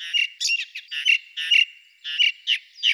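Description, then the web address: Ring ouzel giving a rapid series of harsh chattering notes in quick bursts, with a steady thin whistle-like tone running underneath. Recorded in Slovenia. "Turdus torquatus"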